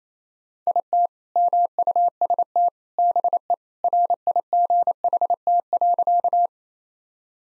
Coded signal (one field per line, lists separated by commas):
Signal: Morse code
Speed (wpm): 27 wpm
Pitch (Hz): 700 Hz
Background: none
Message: IT MUST BE RIGHT.